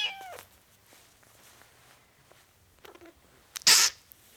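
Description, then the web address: Cat: kitten giving one brief high mew at the start, followed later by a sharp burst of noise. Four-week-old kitten, meowing. "BBC Sound Effects Library (Cats) Four Week Old Kitten, Meowing"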